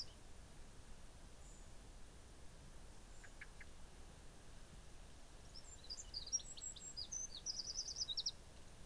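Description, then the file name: Eurasian wren song, a burst of fast, high trills and chips in the second half, over steady low rumbling noise. "Troglodytes troglodytes"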